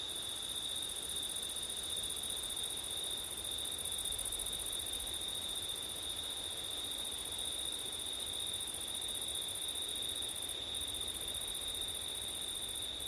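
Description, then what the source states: Crickets trill steadily at high pitch, with a second, higher band that breaks off briefly once, over a light hiss of wind. Crickets singing on a September night, with wind; ORTF microphone setup.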